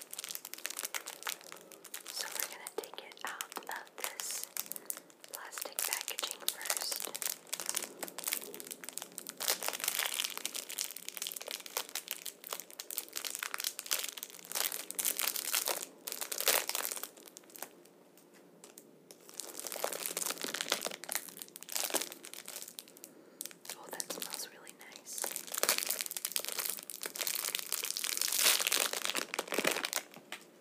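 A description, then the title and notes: Soapy, sudsy sounds crackle and fizz, a dense wash of tiny pops and crinkles that stays bright and busy for nearly the whole stretch. Around nineteen seconds it briefly thins to a quieter hiss before the lively bubbling returns. ASMR Soapy Sounds. Soapy and sudsy sounds.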